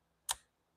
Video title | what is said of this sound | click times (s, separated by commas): Rebuilding a Stihl MS 500i chainsaw. New piston, new cylinder and a few other parts. Scored piston. | Hear a snap. | 0.3 s